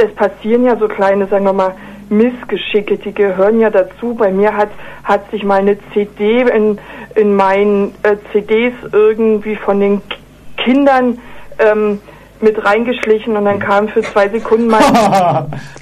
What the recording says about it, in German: Ich finde am Radio eigentlich schön, dass es hier erlaubt ist zu stottern. Wir sind ja auch der Stotterfunk, wir müssen ja auch stottern.